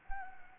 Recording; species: mosquito wingbeat signal from an infrared sensor; Anopheles arabiensis